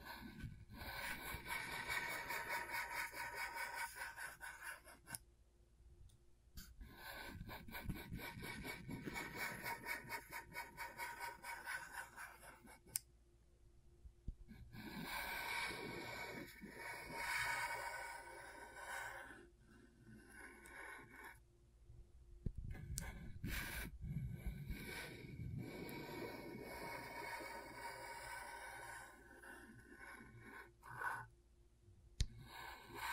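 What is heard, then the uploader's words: A tool scrapes across a scratchboard in dry, raspy strokes that come in bursts of several seconds, broken by short silent pauses near 6, 13, 22 and 32 seconds. The scratching is bright and gritty, with a faint low hum underneath. ASMR Brain Tingling Scratchboard (No Talking).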